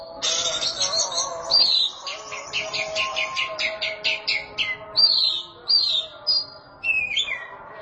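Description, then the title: Oriental magpie-robin song with a rapid series of short, regular chirps followed by sweeping whistled notes, over a faint steady background tone. Chirping song (kicauan) of the bird. "Suara Kicauan Burung Kacer Durasi Panjang"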